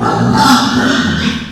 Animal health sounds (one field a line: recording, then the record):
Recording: squeal of a Yucatan mini pig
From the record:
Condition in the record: after surgery on the right vocal fold (resection and tissue-engineered implant)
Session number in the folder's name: 13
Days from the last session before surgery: 113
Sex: female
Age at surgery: 19 weeks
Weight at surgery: 25 kg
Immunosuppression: prednisolone